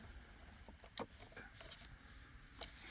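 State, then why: Seated. A six-pin plastic plug is pushed into its socket on the head unit of a 2014–2021 Jeep Grand Cherokee during a head unit replacement. A sharp click at 1.0 s marks the plug seating fully, followed by softer handling knocks and another short tick near 2.6 s. The connector ends up pushed all the way home.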